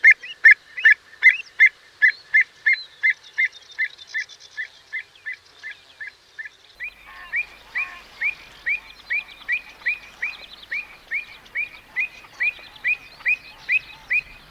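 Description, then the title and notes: Avocet calls: clear, sharp ringing notes repeated quickly and steadily, about two or three per second. "Song of the Avocet (Wading bird)"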